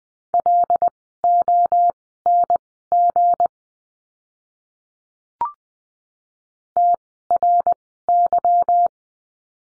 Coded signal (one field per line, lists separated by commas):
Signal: Morse code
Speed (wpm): 20 wpm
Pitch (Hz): 700 Hz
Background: none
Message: LONG TRY